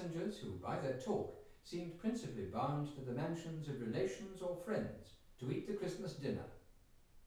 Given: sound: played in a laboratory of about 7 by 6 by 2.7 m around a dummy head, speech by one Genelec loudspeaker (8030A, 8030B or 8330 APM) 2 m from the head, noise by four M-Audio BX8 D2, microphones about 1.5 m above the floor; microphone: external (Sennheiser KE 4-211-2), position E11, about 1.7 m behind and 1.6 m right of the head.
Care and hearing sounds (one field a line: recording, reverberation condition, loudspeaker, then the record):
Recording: male speech in English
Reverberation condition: medium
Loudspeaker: 30 degrees to the right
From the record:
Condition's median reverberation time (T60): about 510 ms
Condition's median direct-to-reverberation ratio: about -0.5 dB